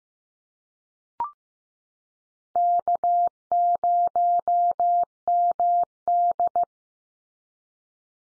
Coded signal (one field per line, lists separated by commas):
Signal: Morse code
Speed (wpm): 15 wpm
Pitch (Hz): 700 Hz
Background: none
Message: K0MD